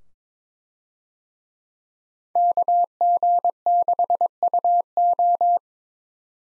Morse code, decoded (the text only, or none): KG6UO